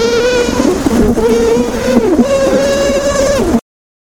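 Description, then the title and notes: Bee colony giving a dense, droning buzz that wavers up and down in pitch, continuous until it stops abruptly near the end. Bee colony under attack by giant hornets. "Lyd fra bier når kolonien ble angrepet av kjempeveps. by forskningno"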